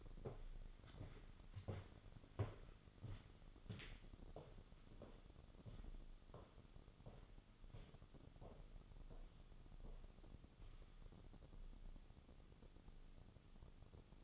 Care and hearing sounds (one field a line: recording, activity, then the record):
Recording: daily activity, microphone in the room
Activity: walk to room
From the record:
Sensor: 4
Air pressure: 988.9 hPa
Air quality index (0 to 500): 159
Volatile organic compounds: 16 ppm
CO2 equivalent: 2540 ppm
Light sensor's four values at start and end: 32/106/40/42 and 33/109/41/43